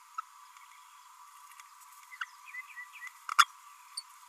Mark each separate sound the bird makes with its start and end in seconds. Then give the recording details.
0.18-0.21, 2.21-2.23, 3.38-3.46, 3.97-4.01. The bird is a male. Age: 29 days. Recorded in a nest box in Venezuela. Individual 17B32A6